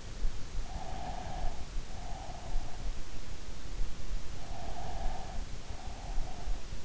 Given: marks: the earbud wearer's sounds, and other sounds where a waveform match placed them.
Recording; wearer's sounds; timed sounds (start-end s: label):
sounds in sleep by an in-ear microphone; breath
0.70-3.03 s: breath
4.46-6.85 s: breath